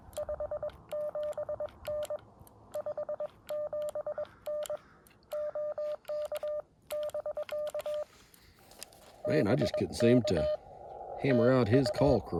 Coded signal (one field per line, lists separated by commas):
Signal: Morse code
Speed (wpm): 21 wpm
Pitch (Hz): 600 Hz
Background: speech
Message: 57N 57N OK <BK> BK TU